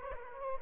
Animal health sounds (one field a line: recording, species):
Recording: mosquito wingbeat signal from an infrared sensor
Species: Aedes aegypti